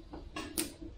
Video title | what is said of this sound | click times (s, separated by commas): DIY Rock Light Harness Build - KC Hilites Cyclones | all you're going to do is you're going to slide it right on in until it clicks | 0.6 s